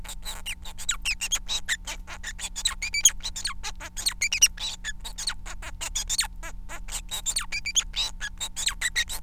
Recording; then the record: song of a male Bengalese finch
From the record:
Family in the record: son of father 4